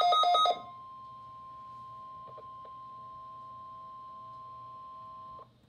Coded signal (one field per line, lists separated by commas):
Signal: Emergency Alert System (SAME) tones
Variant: 1050 Hz attention tone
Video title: Midland WR-120 Required Weekly Test